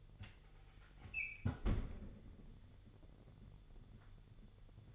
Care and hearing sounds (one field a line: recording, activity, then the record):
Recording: daily activity, microphone in the room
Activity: close fridge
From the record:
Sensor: 4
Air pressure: 989.2 hPa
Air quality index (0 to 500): 222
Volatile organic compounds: 79 ppm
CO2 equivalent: 3598 ppm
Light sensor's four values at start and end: 26/90/33/35 and 26/91/33/35